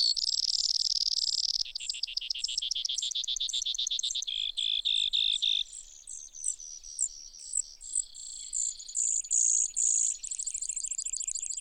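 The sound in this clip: Brewer's sparrow singing a lengthy chain of rattles and trills, changing speed and pitch from section to section.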